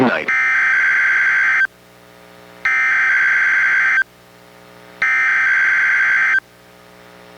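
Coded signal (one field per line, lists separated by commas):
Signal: Emergency Alert System (SAME) tones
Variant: header bursts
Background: speech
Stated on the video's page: NOAA Weather Radio required weekly test, received on a Reecom R-1630 weather radio and recorded through a Zoom H1 recorder.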